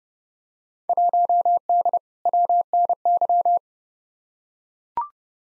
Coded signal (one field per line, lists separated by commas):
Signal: Morse code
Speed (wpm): 30 wpm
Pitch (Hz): 700 Hz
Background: none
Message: 1D WNY